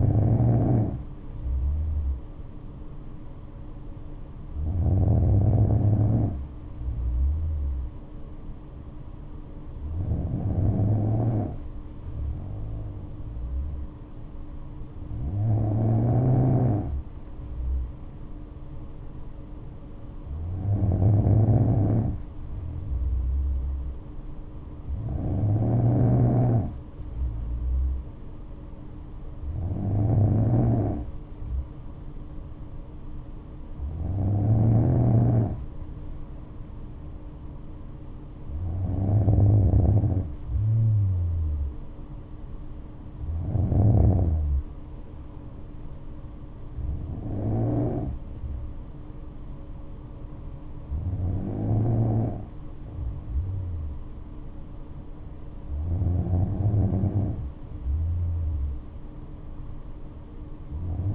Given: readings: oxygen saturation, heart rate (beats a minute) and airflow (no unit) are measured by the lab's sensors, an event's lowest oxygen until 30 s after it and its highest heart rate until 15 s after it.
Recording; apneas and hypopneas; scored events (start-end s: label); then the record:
breathing in sleep by a smartphone at the bedside; none
none scored
From the record:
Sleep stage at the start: N2 (light sleep); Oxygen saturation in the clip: 94 to 95%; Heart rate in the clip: 60 to 74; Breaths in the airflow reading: 13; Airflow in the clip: -6.6 to 7.1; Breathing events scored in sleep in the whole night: 228 in 5.4 hours asleep